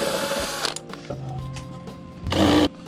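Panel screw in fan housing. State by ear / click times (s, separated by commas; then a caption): stripped / 0.6 s, 0.8 s, 0.9 s. A powered driver backs out a screw holding the plastic panel of a Lasko outdoor patio fan, and its bit cams out and strips the screw head. Quick chattering ticks come at 0.7, 0.8 and 0.9 s under a whirring motor, with music in the background. The screw head ends up stripped.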